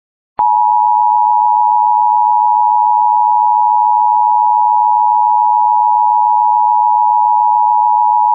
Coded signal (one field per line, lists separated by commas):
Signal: Emergency Alert System (SAME) tones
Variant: 853 and 960 Hz attention tone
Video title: EAS Mock: National Periodic Test